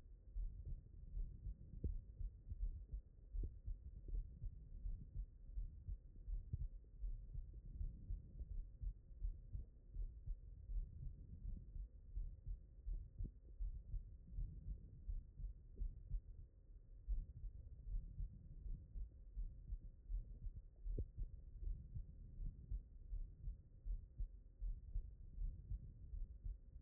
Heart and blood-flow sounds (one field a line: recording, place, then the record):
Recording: heart sounds by stethoscope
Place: pulmonary valve (PV)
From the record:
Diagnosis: non-HFrEF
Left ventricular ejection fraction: 60%